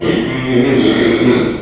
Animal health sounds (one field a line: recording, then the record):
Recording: squeal of a Yucatan mini pig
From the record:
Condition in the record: after surgery on the right vocal fold (resection and tissue-engineered implant)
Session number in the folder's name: 2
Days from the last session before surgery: 13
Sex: male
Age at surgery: 12 weeks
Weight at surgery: 13 kg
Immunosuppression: cyclosporine, prednisolone